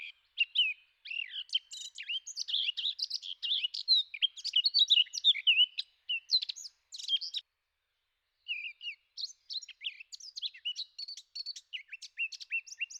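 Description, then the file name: Eurasian blackcap delivering a long, hurried, scratchy warble of varied high notes, a brief one-second break, then another jumbled warbling phrase continuing. "Zwartkop"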